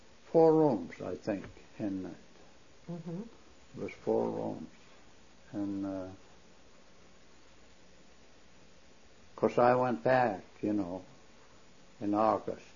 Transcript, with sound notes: four rooms I think in there. It was four rooms. ( pause ) 'Course I went back, you know, in August.